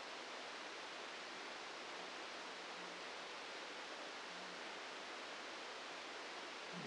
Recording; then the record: brain microelectrode recording played as sound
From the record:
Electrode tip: outside the subthalamic nucleus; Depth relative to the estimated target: 3 mm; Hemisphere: left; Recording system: NeuroSet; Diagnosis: Parkinson's disease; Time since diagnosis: 8 years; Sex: male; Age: 46 years